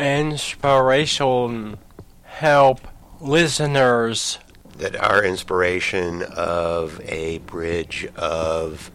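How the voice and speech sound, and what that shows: An adult man, a stroke survivor living with aphasia, speaks in short, broken phrases ('inspiration… help listeners… a bridge of') separated by pauses, with stretched vowels and trailing sounds. This halting, telegraphic, effortful speech fits non-fluent aphasia after stroke.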